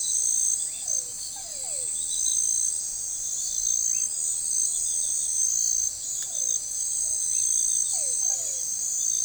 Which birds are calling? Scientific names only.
none